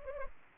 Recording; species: mosquito wingbeat signal from an infrared sensor; Anopheles arabiensis